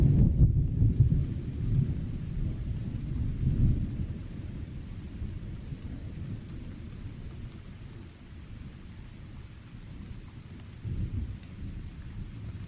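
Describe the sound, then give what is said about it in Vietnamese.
Heavy rain pours steadily at night during a thunder and lightning storm while deep, low thunder rumbles roll through, swelling near the start and again toward the end, with no voices present. “Đêm đó, trời sấm chớp đì đùng và mưa lớn một cách dữ dội”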